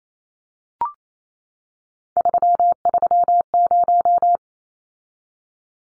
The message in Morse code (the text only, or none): 330